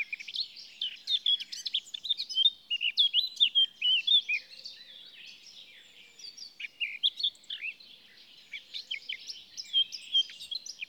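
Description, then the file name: Eurasian blackcap singing a continuous, busy warble of quick twittering and sliding notes, rising and falling in loudness throughout. "Sylvia atricapilla"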